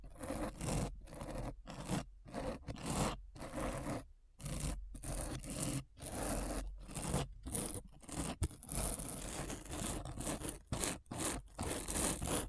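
Scratching sounds for ASMR: rough, dense scraping strokes that fill the range from low rumble to bright hiss. Short bursts alternate with brief silent gaps, roughly two or three per second, in an uneven rhythm that becomes longer and more continuous toward the end.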